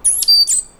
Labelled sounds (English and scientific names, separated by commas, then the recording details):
Stitchbird (Notiomystis cincta) song
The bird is a male
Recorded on Tiritiri Matangi Island, New Zealand, in 2005
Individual 9, of nest box 11